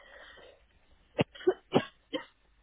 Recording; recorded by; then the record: voluntary cough; telephone call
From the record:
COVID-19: positive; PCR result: checked with the laboratory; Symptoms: yes